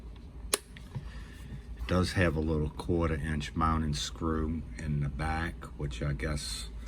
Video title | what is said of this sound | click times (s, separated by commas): CEYOMUR TRAIL CAMERA CY95 SET UP #ceyomur #trailcam #trailcam | a couple of little pins that kind of snap in place like that | 0.5 s